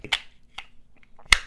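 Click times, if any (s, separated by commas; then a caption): 1.3 s. A fixed blade knife is pushed into its sheath until the blade passes the retention nub. Several short clicks and taps sound first, then a sharp, loud click at 1.3 s as the knife seats firmly in the sheath's retention.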